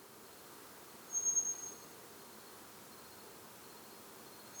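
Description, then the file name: Eurasian blackbird with one thin, high, level whistled note lasting under a second, then quiet hiss. "Turdus merula"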